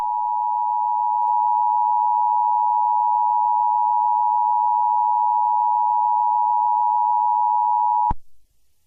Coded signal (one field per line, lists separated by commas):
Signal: Emergency Alert System (SAME) tones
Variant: 853 and 960 Hz attention tone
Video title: EAS Scenario #12: Perfect Mimicry